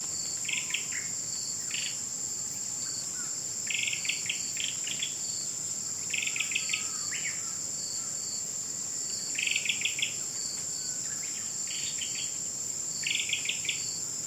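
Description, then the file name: Japanese robin song: short rattling trills recur every few seconds beneath a constant, shrill high-pitched insect drone. "akahige"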